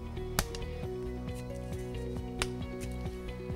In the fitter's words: them in until you hear it snap there